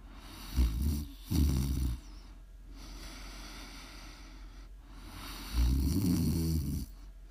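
Low, rumbling, fluttering snores from an adult woman asleep come in three bursts over about seven seconds, with quieter breathing and a steady background hiss in between. This is ordinary snoring during sleep, made by soft tissue in the upper airway vibrating as air passes.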